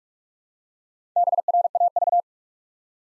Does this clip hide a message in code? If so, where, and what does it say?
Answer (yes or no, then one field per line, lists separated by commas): yes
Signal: Morse code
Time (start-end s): 1.2-2.2 s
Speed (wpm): 44 wpm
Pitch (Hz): 700 Hz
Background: none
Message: BRAV